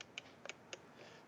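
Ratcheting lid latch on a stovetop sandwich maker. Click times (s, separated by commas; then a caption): 0.0 s, 0.2 s, 0.5 s, 0.7 s. The ratcheting lid latch of a stovetop stuffed sandwich maker is pulled down by its handle over an overfilled sandwich sitting in the pan. Short, sharp clicks sound at 0.0, 0.2, 0.5 and 0.7 seconds as the latch closes notch by notch, with a fainter tick near 0.5 seconds. The latch seats as the lid comes all the way down.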